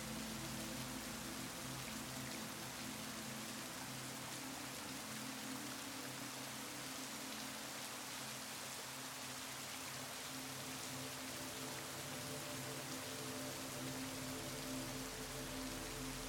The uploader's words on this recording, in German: Perfekte Mischung aus REGEN und MUSIK. Natürlichen Regengeräuschen und sanften musikalischen Melodien.